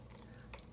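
A tripod leg is swung fully open until its leg-angle lock engages, giving a short, sharp click at 0.5 s over a low steady background. The lock is seated, and the same is to be done on all three legs.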